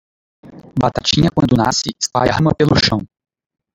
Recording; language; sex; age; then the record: short text; Brazilian Portuguese; male; 30 to 39 years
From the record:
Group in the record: control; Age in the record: 38 years